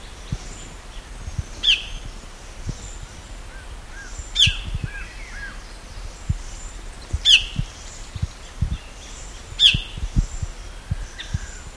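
Bird calls: four sharp, high chirps roughly every two to three seconds, with soft lower twitters between them and low thumping noise.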